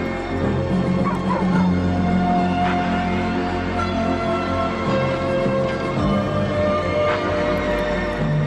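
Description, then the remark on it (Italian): Several dogs of Antarctica bark, yelp and whimper over a constant loud roar of blizzard wind, their cries rising and falling throughout without pause. “Questo è il momento della bufera in cui i cani di Antartica li sta chiamando all'appello l'ultima volta.”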